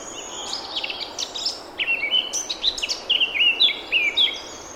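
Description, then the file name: Eurasian blackcap song, a continuous scratchy warble that builds into a series of clear, loud fluty notes dipping and rising in pitch. "Sylvia atricapilla"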